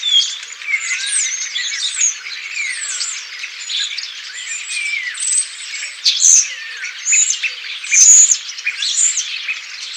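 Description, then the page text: Common starlings calling and singing as a flock: a dense mix of sliding whistles, clicks and squeaky chatter, with sharper whistled notes standing out near the end. Flock of common starlings giving calls and songs. "Common Starling Flock Calls and Songs. Quick Sounds"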